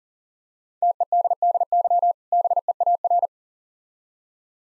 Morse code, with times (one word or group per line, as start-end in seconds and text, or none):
0.8-2.1 TEDDY
2.3-3.3 BEAR